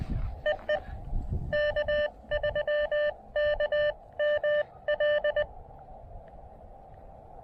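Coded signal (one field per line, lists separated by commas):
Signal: Morse code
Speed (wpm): 20 wpm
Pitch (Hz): 600 Hz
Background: none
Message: EE K3KML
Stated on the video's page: Parks on the Air activation at a North Carolina lighthouse.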